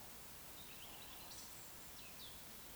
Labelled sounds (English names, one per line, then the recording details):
Eurasian Woodcock whistle
Eurasian Woodcock croak
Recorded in Baden-Württemberg, Germany, on 2 June 2020 at 19:55 UTC
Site 46190, 1214 m above sea level